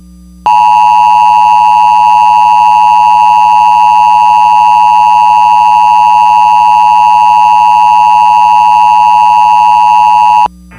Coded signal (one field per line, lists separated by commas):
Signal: Emergency Alert System (SAME) tones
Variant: 853 and 960 Hz attention tone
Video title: EAS mock | the great GU/NMI Tsunami of 21